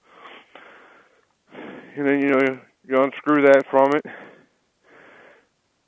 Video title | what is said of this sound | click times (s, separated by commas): 2006 Dodge Ram 1500 oil pressure switch replacement | then you push this back in to clicks | 0.6 s